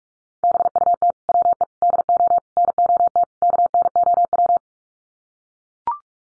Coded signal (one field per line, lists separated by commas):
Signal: Morse code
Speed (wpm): 44 wpm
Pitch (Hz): 700 Hz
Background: none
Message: BUT WE DO NOT KNOW